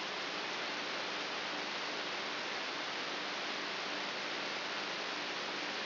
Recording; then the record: brain microelectrode recording played as sound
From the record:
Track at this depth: inside the subthalamic nucleus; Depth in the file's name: 3.44 mm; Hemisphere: right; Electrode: 3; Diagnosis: Parkinson's disease